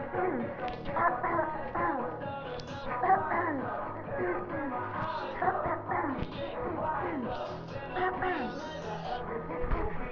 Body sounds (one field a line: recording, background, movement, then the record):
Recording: throat clearing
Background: music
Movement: sitting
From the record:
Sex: female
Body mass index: 18.8 kg/m2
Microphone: on the chest, facing the body